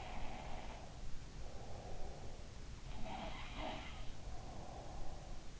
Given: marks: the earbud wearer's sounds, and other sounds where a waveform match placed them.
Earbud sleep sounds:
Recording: sounds in sleep by an in-ear microphone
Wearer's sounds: breath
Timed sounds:
0.00-2.45 s: sound from someone else or the room
0.45-2.45 s: breath
2.81-5.60 s: sound from someone else or the room
4.12-5.60 s: breath

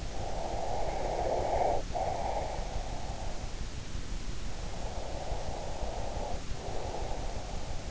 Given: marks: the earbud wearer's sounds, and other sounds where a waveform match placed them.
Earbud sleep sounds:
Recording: sounds in sleep by an in-ear microphone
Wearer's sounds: breath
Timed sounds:
0.38-3.36 s: breath
4.53-7.91 s: breath

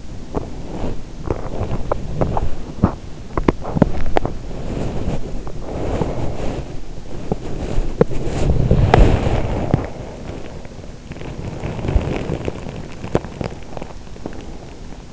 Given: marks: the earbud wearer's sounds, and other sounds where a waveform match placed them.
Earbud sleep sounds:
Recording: sounds in sleep by an in-ear microphone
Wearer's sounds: body movement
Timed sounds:
0.27-15.13 s: body movement

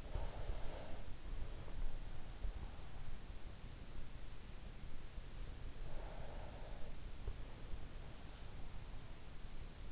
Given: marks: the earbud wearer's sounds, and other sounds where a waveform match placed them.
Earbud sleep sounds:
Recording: sounds in sleep by an in-ear microphone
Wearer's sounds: breath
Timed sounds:
0.00-1.91 s: breath
5.56-7.54 s: breath

